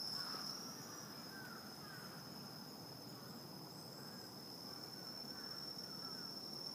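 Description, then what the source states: Cricket keeps up an unbroken high-pitched trill, partly masked by steady low urban rumble. In Shibuya, Tokyo.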